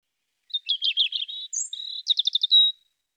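European robin song in one fluid phrase, tumbling warbled notes, a thin high whistle, then a rapid stuttering trill ending in a sustained note.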